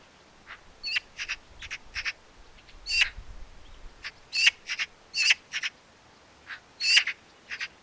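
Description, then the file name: Eurasian magpie making rasping chattering calls in repeated bursts, loud grating notes spaced irregularly, with faint low rumble in the background. "Pica pica"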